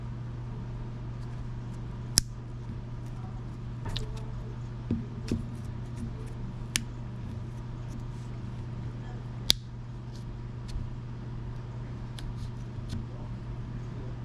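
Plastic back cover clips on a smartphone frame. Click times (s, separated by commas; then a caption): 2.2 s, 6.8 s, 9.5 s. A pry tool is wedged into the side seam next to the screen bezel of a Samsung A14 5G smartphone and lifted, so the plastic back cover's retaining clips pop free of the frame one after another. Sharp snaps ring out at 2.2, 6.8 and 9.5 seconds over a steady low hum, with a few fainter ticks in between. The back cover clips are released.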